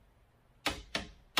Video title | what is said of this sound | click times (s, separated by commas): It's time for brakes, tires, and something else. | nice little click good to go | 1.4 s